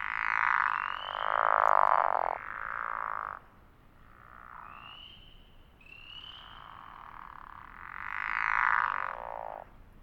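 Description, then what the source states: Pickerel frogs giving grating, snoring croaks that overlap in a small chorus, loud bursts at the start and end and quieter calls between. Several pickerel frogs recorded at Elliott Mountain in 2006.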